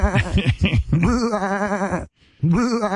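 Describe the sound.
A man's voice, as Goat Boy, mimics goat bleats in a 21-bleat salute, starting with a few choppy, broken calls and then two long wavering bleats with a quivering vibrato, separated by a short pause. The calls are loud.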